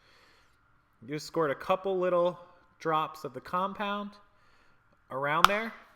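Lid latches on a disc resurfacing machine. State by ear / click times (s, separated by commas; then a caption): not seated / none. Someone talks while handling a JFJ Easy Pro motorized disc cleaning and resurfacing machine after putting a couple of small drops of compound on the disc, before closing its plastic lid. The clip ends before the lid's two latches are closed, so nothing has clicked or seated yet.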